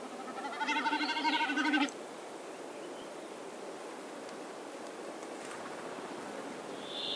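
Snipe giving a tremulous, bleating sound lasting under two seconds, with rapid wavering pulses, then a quiet background with a faint high tone near the end.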